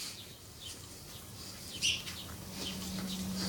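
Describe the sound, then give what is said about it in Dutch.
Young sparrows chirp in short, high-pitched bursts outside the open balcony doors of a flat, with one brief louder cheep standing out as one of them is fed, over a steady low hum and faint background noise. “Jonge mussen, kijk, die ene wordt direct gevoerd.”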